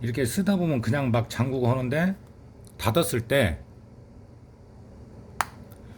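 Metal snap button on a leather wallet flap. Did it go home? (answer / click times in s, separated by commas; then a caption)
yes / 5.4 s. A person talks, then after a pause a metal snap button on a leather wallet flap is pressed closed. It snaps shut with one sharp click at 5.4 seconds, followed by a faint tick at 5.7 seconds.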